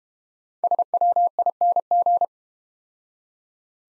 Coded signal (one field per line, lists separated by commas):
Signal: Morse code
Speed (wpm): 32 wpm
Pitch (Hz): 700 Hz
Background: none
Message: SWING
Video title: Easy Words - Speed-Racing with Hints - 25wpm